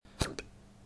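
Two abrupt, brief bursts about a fifth of a second apart, the first stronger with a deep thump, the second lighter and sharper. These are hiccups in an adult: sudden involuntary spasms of the diaphragm that snap the vocal cords shut.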